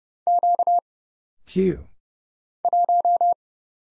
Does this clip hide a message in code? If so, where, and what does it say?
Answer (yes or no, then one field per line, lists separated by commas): yes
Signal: Morse code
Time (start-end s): 0.3-3.3 s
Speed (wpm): 30 wpm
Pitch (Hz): 700 Hz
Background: none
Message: Q 1